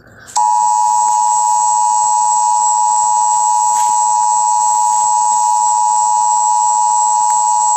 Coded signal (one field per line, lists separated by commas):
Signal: Emergency Alert System (SAME) tones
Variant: 853 and 960 Hz attention tone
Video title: EAS #82 Severe Thunderstorm Warning on KALT-FM